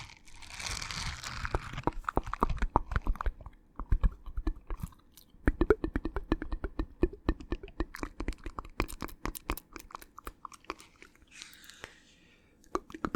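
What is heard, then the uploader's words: Dense mouth sounds of wet clicks and smacks with chewing-like crunches, a soft hissy breath near the start and again around twelve seconds. Super Tingly Mouth Sounds.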